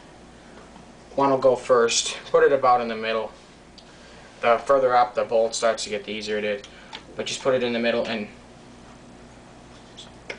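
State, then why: Seated. During reassembly of a Winchester 1200/1300 pump shotgun, a steel bolt assembly is set in the middle of the receiver and slid back while someone talks. A single sharp click at 10.3 s marks the bolt assembly seating into place.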